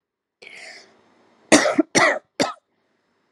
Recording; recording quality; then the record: shallow voluntary cough; excellent, no background noise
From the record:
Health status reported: COVID-19 positive, mild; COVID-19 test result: positive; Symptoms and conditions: cough, fatigue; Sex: female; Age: 38 years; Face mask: not worn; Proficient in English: yes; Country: India